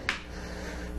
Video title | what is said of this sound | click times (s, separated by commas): Paoli Peaks on listens live January 5 segment two | at the he'll be a doctor and have lots of patience and you snap right in wow | 0.1 s